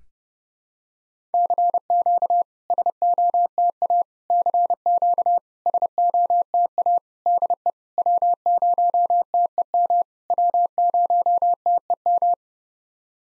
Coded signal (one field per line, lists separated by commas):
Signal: Morse code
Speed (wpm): 30 wpm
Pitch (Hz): 700 Hz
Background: none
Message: CQ SOTA CQ SOTA DE W0TEM W0TEM